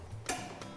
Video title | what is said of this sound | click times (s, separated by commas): Trailer Chix How to Set up Your Awning | so i'm going to grab it right above and lean back until it locks right yep okay | 0.3 s